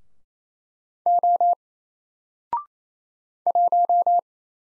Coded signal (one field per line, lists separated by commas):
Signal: Morse code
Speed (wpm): 27 wpm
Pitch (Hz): 700 Hz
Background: none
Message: O 1